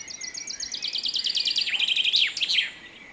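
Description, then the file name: Common chaffinch song: a rapid series of sharp notes falling in pitch, speeding into a lower trill, and ending in an emphatic flourish, all within about three seconds. "Fringilla coelebs 240824"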